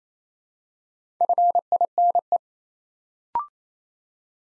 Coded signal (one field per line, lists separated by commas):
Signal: Morse code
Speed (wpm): 29 wpm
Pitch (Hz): 700 Hz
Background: none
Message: FINE